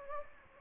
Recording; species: mosquito wingbeat signal from an infrared sensor; Anopheles gambiae